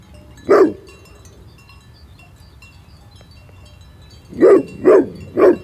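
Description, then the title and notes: Pyrenean Mountain Dog barking: one bark, a pause of nearly four seconds, then three barks in quick succession. Patou watchdog guarding a herd on Raymond Island, Paillet, France; wet soundwalk; binaural recording with Zoom H4n, Soundman OKM II and Rode NT4. "Paillet, France - RAYMOND ISLAND_WET_SOUNDWALK_PATOU_SHEEP_BINAURAL. Herd of"Scotish black face" with "Patou" the watchdog ! // Un troupeau de "Scotish black face" gardé par Patou"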